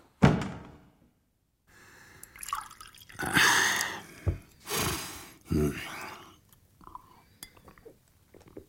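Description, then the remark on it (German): A drink is poured into a glass in several short, splashy bursts, with a sharp knock at the start and light clinks and thuds of glassware between pours. “Oh, gieß dir auch ein Glas ein”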